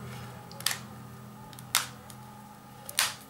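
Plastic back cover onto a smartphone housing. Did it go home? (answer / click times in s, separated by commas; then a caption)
yes / 0.7 s, 1.8 s, 3.0 s. The plastic back cover of an Asus ZenFone Go (ZC451TG) smartphone is pressed onto the housing, starting from the button side so that all the buttons sit in place. Sharp, short plastic snaps are heard at 0.7 s, 1.8 s and 3.0 s as each section's clips snap into the housing, and the cover is seated.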